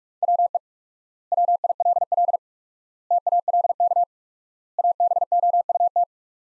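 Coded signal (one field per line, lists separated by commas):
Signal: Morse code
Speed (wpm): 46 wpm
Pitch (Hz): 700 Hz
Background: none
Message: WE WILL TALK ABOUT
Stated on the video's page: Computer-generated Morse sentence-copying practice from the top 400 words at 45 wpm with 4x standard word spacing, a word-based Farnsworth-like method.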